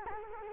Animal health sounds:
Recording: mosquito wingbeat signal from an infrared sensor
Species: Culex quinquefasciatus

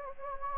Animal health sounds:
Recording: mosquito wingbeat signal from an infrared sensor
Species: Anopheles gambiae

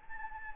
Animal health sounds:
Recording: mosquito wingbeat signal from an infrared sensor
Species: Anopheles gambiae

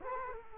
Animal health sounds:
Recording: mosquito wingbeat signal from an infrared sensor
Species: Culex quinquefasciatus

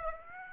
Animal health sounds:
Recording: mosquito wingbeat signal from an infrared sensor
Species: Aedes aegypti

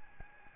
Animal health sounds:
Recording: mosquito wingbeat signal from an infrared sensor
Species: Aedes albopictus

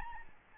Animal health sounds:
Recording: mosquito wingbeat signal from an infrared sensor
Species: Aedes albopictus

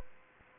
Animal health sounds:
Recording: mosquito wingbeat signal from an infrared sensor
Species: Aedes aegypti

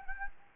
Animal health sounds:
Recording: mosquito wingbeat signal from an infrared sensor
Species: Anopheles gambiae

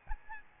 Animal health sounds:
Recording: mosquito wingbeat signal from an infrared sensor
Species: Aedes albopictus

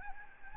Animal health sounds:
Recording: mosquito wingbeat signal from an infrared sensor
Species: Aedes albopictus

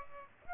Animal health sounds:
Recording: mosquito wingbeat signal from an infrared sensor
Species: Aedes aegypti

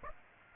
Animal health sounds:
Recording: mosquito wingbeat signal from an infrared sensor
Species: Aedes aegypti

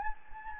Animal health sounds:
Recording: mosquito wingbeat signal from an infrared sensor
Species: Anopheles gambiae

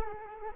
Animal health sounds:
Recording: mosquito wingbeat signal from an infrared sensor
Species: Culex quinquefasciatus

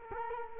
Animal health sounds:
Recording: mosquito wingbeat signal from an infrared sensor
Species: Culex quinquefasciatus

